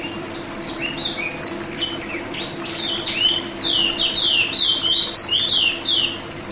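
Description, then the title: Oriental magpie-robin song, a lively continuous flow of whistled, slurred and warbling notes, with a steady low hum behind. "Kicau Kacer"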